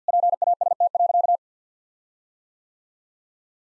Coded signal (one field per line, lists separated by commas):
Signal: Morse code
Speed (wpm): 50 wpm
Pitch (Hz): 700 Hz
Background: none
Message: PAST.